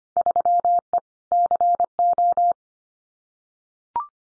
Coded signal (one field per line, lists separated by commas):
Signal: Morse code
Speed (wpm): 25 wpm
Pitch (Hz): 700 Hz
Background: none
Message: 3E CO